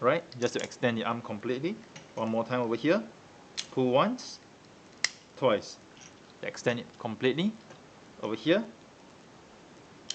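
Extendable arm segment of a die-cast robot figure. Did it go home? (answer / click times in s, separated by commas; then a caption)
yes / 5.0 s. Someone talks while pulling out the extendable arm segment of a Bandai Soul of Chogokin GX-69 Goldymarg die-cast robot figure to extend it. A sharp click at 5.0 s is heard as the arm seats into the first of its two notches.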